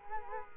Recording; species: mosquito wingbeat signal from an infrared sensor; Culex quinquefasciatus